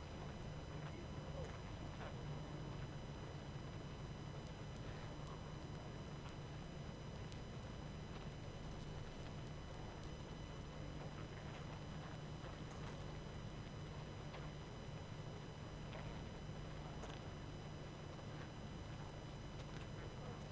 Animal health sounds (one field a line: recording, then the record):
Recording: honeybee colony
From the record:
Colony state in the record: active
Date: 12 June 2018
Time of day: 21:44